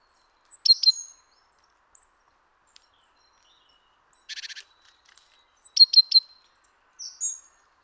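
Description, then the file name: Great tit calls: a pair of sharp chirps, thin high notes, a short buzzy churr, then a quick triple chirp and a thin whistle, separated by silences. "Parus major"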